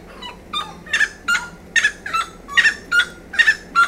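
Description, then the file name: Grey-cowled wood rail calling loudly, with harsh, honking notes repeated in a steady rhythm. "saracuratrespotes"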